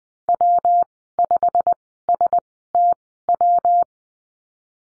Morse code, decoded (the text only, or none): W 5 S T W